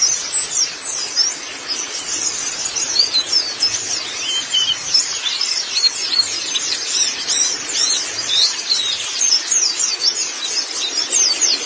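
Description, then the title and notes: White-eye song: dense high twittering with quick slurred notes crowding together, sustained throughout. Long-duration recording of the chirping song. "Kicauan Burung Pleci Durasi Panjang. Suara kicauan burung pleci"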